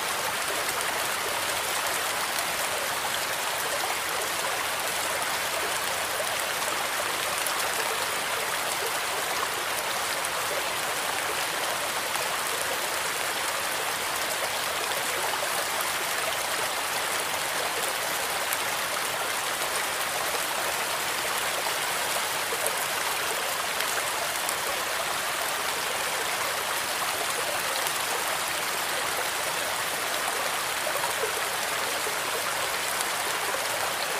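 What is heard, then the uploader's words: Rain and a forest stream make a steady, dense hiss, bright, with little low rumble and no change across the recording. Relaxing Rain Noise + Forest Stream.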